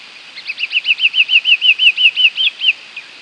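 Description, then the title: Green-backed becard song: a rapid, even series of about a dozen sweet, slurred whistled notes, each curving up and down, lasting just over two seconds before a final soft note. "LuckyPassaro Completos2Sama. Green-backed Becard"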